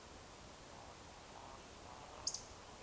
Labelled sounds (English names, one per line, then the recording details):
Eurasian Woodcock whistle
Eurasian Woodcock croak
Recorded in Baden-Württemberg, Germany, on 12 June 2020 at 20:13 UTC
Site 43791, 788 m above sea level